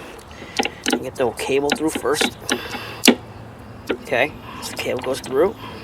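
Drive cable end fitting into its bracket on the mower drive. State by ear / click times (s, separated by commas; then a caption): not seated / none. A Troy-Bilt lawnmower drive cable is threaded through before its end is fitted into its bracket on the mower drive, while someone talks. Short sharp taps and knocks of handling are heard, the loudest near 3.1 s. The clip ends before the part goes home, so nothing has seated or clicked yet.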